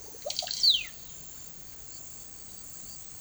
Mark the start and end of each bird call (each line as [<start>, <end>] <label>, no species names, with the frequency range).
[0.23, 0.94] bird call (0.5-10.8 kHz)